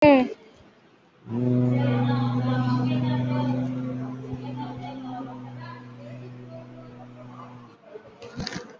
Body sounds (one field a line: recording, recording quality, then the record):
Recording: sustained vowel as in boot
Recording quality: poor, much background noise or distortion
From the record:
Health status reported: COVID-19 positive, moderate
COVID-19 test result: positive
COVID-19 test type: RT-PCR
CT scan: not taken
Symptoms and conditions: cough, cold, breathing difficulty, sore throat, fever, fatigue, muscle pain, loss of smell and taste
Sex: male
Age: 32 years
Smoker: no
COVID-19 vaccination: none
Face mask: worn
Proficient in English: yes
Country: India